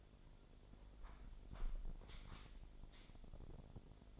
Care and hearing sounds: daily activity, microphone in the room; close window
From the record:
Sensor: 5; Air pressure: 1006.7 hPa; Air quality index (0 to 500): 189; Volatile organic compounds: 5 ppm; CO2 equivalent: 1797 ppm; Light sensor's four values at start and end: 57/161/63/63 and 57/161/63/63

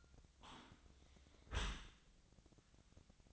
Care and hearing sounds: daily activity, microphone in the room; close dishwasher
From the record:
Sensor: 3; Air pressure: 1003.0 hPa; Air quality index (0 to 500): 196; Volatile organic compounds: 6 ppm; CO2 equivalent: 1919 ppm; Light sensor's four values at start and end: 20/49/21/22 and 20/49/21/22

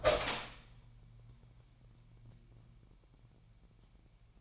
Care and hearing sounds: daily activity, microphone in the room; open door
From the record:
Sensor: 1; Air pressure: 998.5 hPa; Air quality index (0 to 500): 130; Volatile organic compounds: 4 ppm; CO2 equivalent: 1552 ppm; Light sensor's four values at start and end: 19/64/26/26 and 19/64/26/26

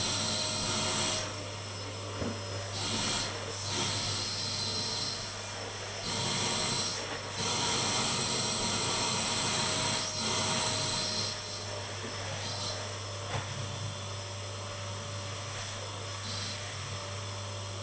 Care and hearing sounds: daily activity, microphone in the room; vacuum cleaning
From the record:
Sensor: 4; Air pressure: 992.6 hPa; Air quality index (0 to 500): 146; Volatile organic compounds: 94 ppm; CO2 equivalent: 3712 ppm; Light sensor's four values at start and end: 19/65/24/25 and 19/65/24/25

